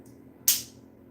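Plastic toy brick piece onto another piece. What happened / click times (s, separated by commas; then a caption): Two small plastic pieces snapped together / 0.5 s. Two plastic Lego toy brick pieces are pressed together over a quiet, low background hum. A single sharp, bright snap rings out at 0.5 s and fades quickly, and the pieces are seated together.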